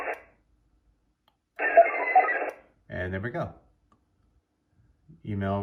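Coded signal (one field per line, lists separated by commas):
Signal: HF data modem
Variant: VARA HF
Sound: a brief hissy, buzzing data burst with faint tones, followed by a man talking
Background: man speaking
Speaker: there we go email received and you can see the subject test from gmail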